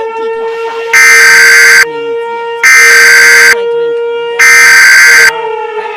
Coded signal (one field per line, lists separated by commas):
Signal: Emergency Alert System (SAME) tones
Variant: header bursts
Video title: EAS Mock - Limerick